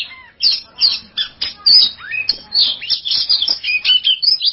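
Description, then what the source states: Oriental magpie-robin song, a rapid run of harsh squawky notes mixed with rising whistles and chatter, in quick bursts without pause. Champion bird (kacer juara).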